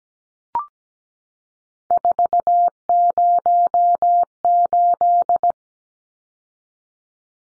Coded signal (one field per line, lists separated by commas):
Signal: Morse code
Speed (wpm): 17 wpm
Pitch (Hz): 700 Hz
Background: none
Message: 408